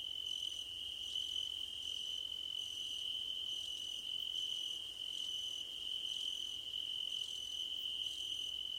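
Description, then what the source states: Crickets trilling without pause, overlaid by brief, sharper chirp bursts repeated at short intervals. Crickets at night under a starlit sky.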